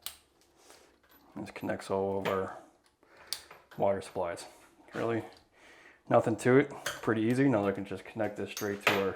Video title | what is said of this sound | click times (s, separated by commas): How to Install a Bathroom Vanity with Shelving - Avoiding Mistakes | these just clip right in so you'll hear a little snap this | 0.1 s